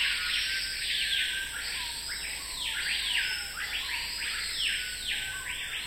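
Screaming pihas (Lipaugus vociferans) calling at a lek in the neotropical forest of French Guiana: loud, ringing whistled calls that swoop up and down, overlapping one another continuously, over a steady high-pitched insect drone.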